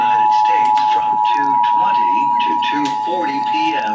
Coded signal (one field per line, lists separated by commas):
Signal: Emergency Alert System (SAME) tones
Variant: 853 and 960 Hz attention tone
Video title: National EAS Test 2023